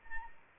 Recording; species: mosquito wingbeat signal from an infrared sensor; Anopheles arabiensis